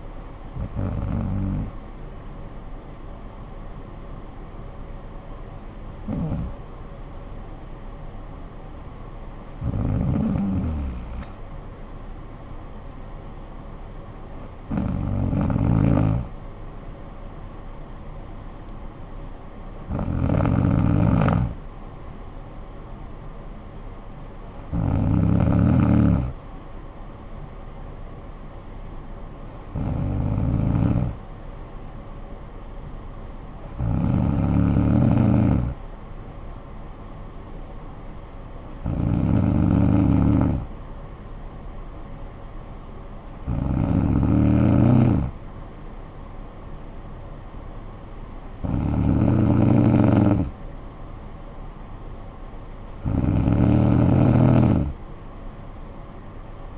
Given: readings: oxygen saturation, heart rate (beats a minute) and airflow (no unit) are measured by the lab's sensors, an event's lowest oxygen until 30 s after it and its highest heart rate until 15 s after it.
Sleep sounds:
breathing in sleep by a smartphone at the bedside; none
none scored
From the record:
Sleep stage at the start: N2 (light sleep); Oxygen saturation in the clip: 93 to 94%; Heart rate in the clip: 49 to 58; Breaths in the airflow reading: 12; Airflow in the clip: -9.7 to 6.3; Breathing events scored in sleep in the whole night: 445 in 7.6 hours asleep

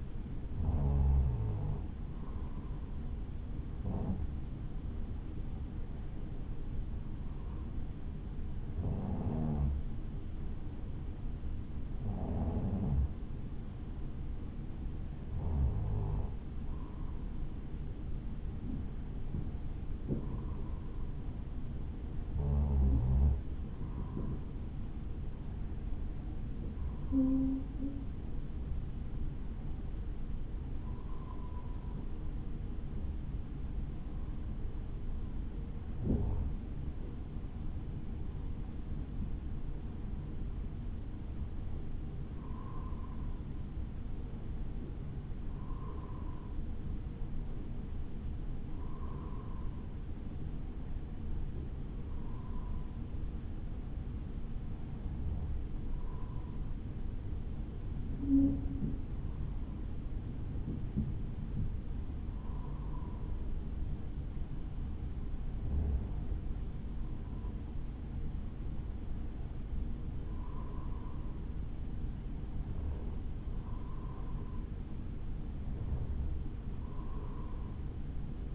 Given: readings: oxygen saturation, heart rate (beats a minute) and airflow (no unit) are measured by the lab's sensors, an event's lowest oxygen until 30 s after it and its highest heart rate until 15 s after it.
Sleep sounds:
breathing in sleep by a smartphone at the bedside; 2
4.00-27.00 s: hypopnea (N2, oxygen 95% highest, then 93% lowest, heart rate 56 at the start, 62 highest)
20.00-78.55 s: new sleep stage, N1 (lightest sleep)
50.00-67.10 s: hypopnea (N1, oxygen 95% highest, then 94% lowest, heart rate 54 at the start, 60 highest)
From the record:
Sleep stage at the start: N2 (light sleep); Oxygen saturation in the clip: 93 to 95%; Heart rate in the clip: 53 to 62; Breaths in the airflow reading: 25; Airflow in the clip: -3.0 to 3.9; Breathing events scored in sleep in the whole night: 216 in 7.0 hours asleep

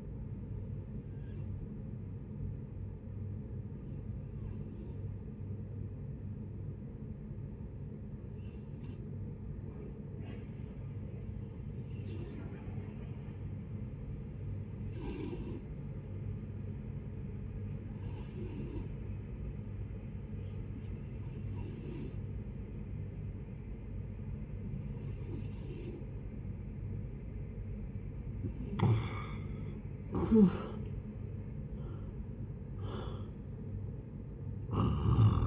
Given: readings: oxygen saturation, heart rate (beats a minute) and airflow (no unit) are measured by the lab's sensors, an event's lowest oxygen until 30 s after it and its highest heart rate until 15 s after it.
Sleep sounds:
breathing in sleep by a smartphone at the bedside; 1
3.00-26.90 s: hypopnea (N1, oxygen 93% highest, then 81% lowest, heart rate 76 at the start, 78 highest)
From the record:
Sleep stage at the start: N1 (lightest sleep); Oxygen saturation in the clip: 83 to 93%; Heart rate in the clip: 56 to 78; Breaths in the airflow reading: 10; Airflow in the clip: -11.7 to 11.4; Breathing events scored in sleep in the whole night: 496 in 5.4 hours asleep

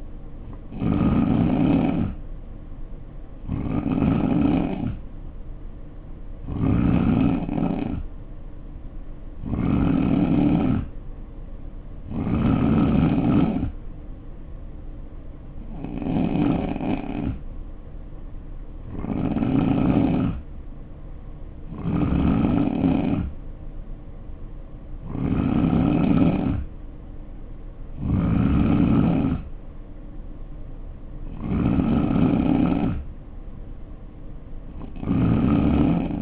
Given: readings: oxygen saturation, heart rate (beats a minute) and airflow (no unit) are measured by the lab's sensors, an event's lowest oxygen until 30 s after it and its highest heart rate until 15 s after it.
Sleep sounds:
breathing in sleep by a smartphone at the bedside; none
none scored
From the record:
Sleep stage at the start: N3 (deep sleep); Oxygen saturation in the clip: 88 to 89%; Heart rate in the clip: 64 to 69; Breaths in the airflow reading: 11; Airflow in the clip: -4.3 to 3.3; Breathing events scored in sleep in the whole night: 520 in 7.2 hours asleep

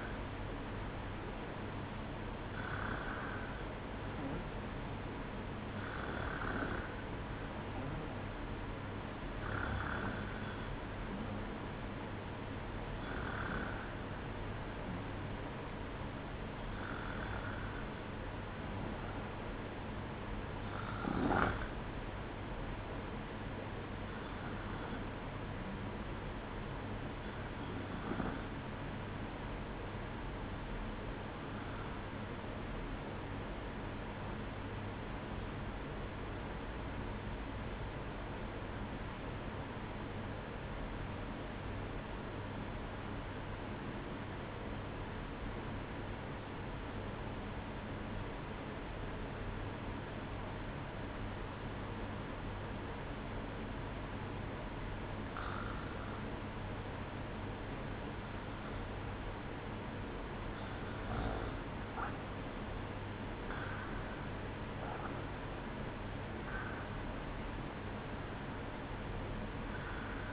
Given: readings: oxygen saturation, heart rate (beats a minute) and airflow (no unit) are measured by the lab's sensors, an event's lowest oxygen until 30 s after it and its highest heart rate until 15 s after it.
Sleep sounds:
breathing in sleep by a voice recorder at the bedside; 1
30.00-59.20 s: obstructive apnea (REM, oxygen 96% highest, then 93% lowest, heart rate 60 at the start, 67 highest)
From the record:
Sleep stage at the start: REM sleep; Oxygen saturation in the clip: 93 to 96%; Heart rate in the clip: 59 to 67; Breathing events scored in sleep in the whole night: 305 in 9.6 hours asleep

